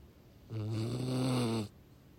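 A single steady snore lasting about a second, with a low droning buzz and strong harmonics, set against quiet background; recorded on a Sunday afternoon in Pittsburgh, PA, USA, on 11 February 2024.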